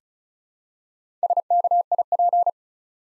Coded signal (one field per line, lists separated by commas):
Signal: Morse code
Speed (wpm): 36 wpm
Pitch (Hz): 700 Hz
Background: none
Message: SKIP